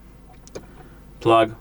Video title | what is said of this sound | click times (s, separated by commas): XIAOMI Mijia Smart Audio Glasses – How to Assemble | we didn't get a click, I have no idea why, but | none